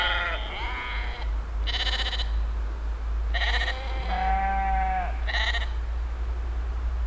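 Sheep bleats come in quick succession, some short and nasal, one longer quavering call midway, with a constant low rumble underneath throughout.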